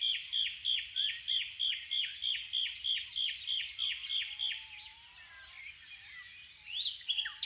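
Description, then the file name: Common nightingale singing: a long run of sharp, whistled notes repeated about three times a second, then varied, sliding phrases. "Luscinia megarhynchos"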